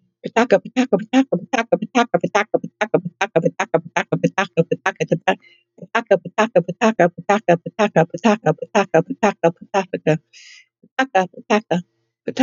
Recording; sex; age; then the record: repeated syllables /pa ta ka/; female; 50 to 59 years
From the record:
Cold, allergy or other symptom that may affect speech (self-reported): no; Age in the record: 57 years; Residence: New Jersey, United States